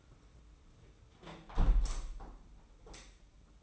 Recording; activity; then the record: daily activity, microphone in the room; close window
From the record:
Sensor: 1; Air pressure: 991.3 hPa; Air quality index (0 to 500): 108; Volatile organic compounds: 98 ppm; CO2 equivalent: 3742 ppm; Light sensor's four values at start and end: 37/117/46/48 and 37/116/46/47